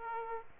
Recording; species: mosquito wingbeat signal from an infrared sensor; Aedes aegypti